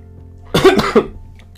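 Two quick, harsh cough bursts from an adult man, close together in a quiet room.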